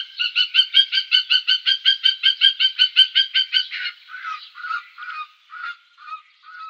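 Greater spotted eagle giving a fast, even series of high yelping notes, then slower, fainter yelps trailing off.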